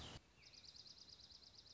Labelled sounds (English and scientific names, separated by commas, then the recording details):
Dark-eyed Junco (Junco hyemalis)
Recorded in Sonoma County, California